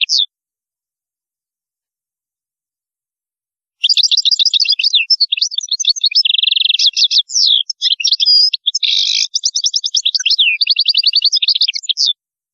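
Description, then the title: European goldfinch: a brief chirp, then after a pause a long, hurried song of tinkling twitters and nasal buzzy trills. "Chant Chardonneret"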